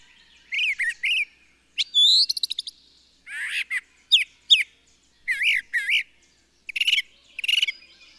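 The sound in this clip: Bird song of repeated short phrases: rising and falling whistles, rapid trills and chirps, delivered in short bursts.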